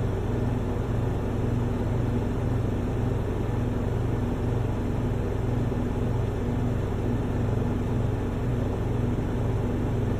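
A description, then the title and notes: A refrigerator hums steadily throughout, a low, constant drone with a buzzing tone near the bottom and a faint whine riding above it. The level never changes and no separate events stand out, just an even mechanical hum. Refrigerator Sound For Sleep, Studying, or Soothe a Colicky Baby.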